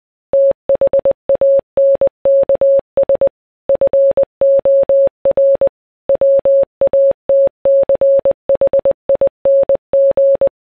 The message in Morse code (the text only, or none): THANKS FOR WATCHING